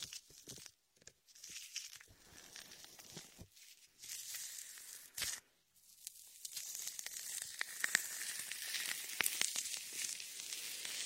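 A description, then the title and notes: Latex gloves rub and squeak against shaving foam in an ear massage, giving a wet, crackling, fizzy hiss that stays bright and thin. The texture comes in bursts with short silent gaps in the first half, then settles into a denser, steadier crackle with occasional sharp clicks and pops. Latex ear massage with shaving foam for comfort.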